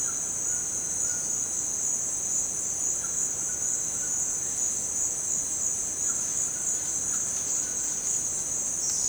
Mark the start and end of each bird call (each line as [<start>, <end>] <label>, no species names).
[0.00, 4.56] bird call
[5.95, 7.85] bird call
[8.77, 9.09] bird call